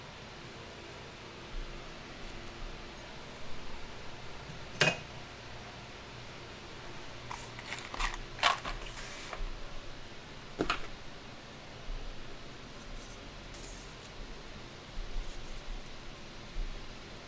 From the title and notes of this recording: ASMR soundscape triggers candle dressing, shuffling, and cutting sounds.